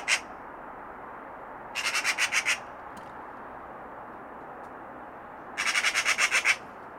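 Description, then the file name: Eurasian magpie giving a harsh rattling chatter: a single short note, then two short bursts of rapid harsh notes separated by a long quiet gap. "Pica pica"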